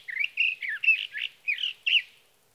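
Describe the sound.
Sage thrasher delivering a burst of warbled song, several quick, slurred phrases in sequence.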